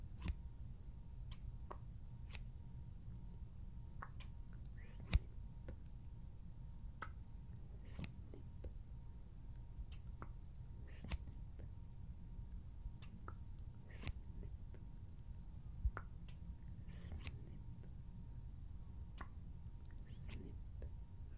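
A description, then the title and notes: Scissors snip in sharp, bright clicks scattered across the clip, roughly one or two every second, with a few louder cuts near 5, 11 and 14 seconds. Underneath runs a steady low rumble, and a faint thin tone holds throughout. SCISSORS SOUNDS.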